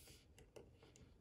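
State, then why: Not seated. While reassembling a Yanmar marine engine hour meter, a plastic keeper clip that holds the LCD screen is pushed forward into the hour meter housing. Brief, light handling ticks occur near 0.4, 0.6 and 1.0 seconds over a low background hum. The clip has not snapped or seated yet.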